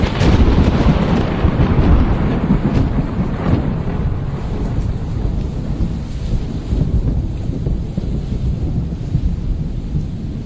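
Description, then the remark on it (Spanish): A loud, booming culminating thunderclap of a storm, after thunder that mounted to deafening intensity, rolls into a long, deep rumble that stays heavy for about ten seconds, with a steady hiss of rain or wind beneath it, before a violent downpour. “Entonces sobrevino uno culminante que pareció reverberar tierra y mar.”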